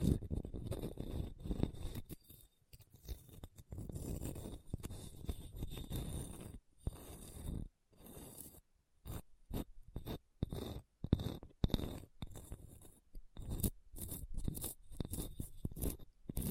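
Scratching on a hard, bumpy surface, rough and gritty with a low rumbling body. The first seven seconds are a fairly continuous scrape; after that it breaks into short choppy strokes separated by brief silences, irregular and increasingly rapid toward the end.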